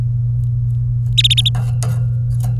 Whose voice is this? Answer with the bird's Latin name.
Serinus canaria